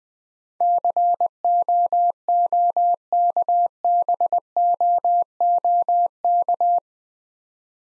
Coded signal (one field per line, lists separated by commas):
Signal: Morse code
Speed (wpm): 21 wpm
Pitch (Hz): 700 Hz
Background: none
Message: COOKBOOK